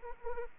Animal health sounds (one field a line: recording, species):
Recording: mosquito wingbeat signal from an infrared sensor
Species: Anopheles arabiensis